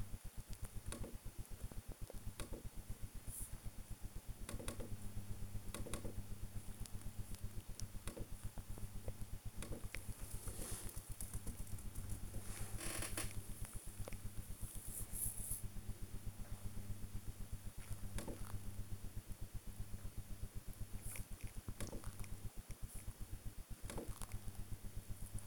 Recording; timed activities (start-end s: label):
household activities, microphone on the right wrist
0.00-25.47 s: working on the computer